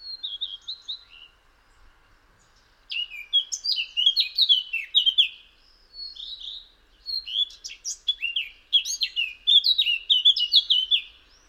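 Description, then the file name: Eurasian blackcap singing: a short warbled phrase, a brief pause, then a long run of fast, varied whistled notes in bursts. "Sylvia atricapilla"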